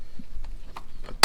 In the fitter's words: clip in like that of